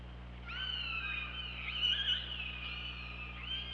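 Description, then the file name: Killer whale call, a loud sustained harmonic tone wavering slightly up and down for about three seconds, over a soft low hum. Underwater hydrophone recording from OrcaLab, 24 August 2017, at 23:32 at night. "Orca Lab UTLN JASON 20170824 233249"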